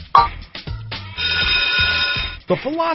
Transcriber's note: bell ringing